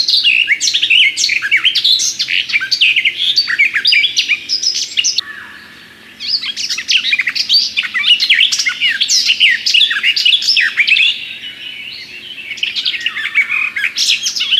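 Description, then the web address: Garden warbler singing long, hurried, mellow warbling phrases with a brief pause near the middle before the rapid flow resumes. "kurspttk Kurs materiały Przyroda Ptaki Gajówka"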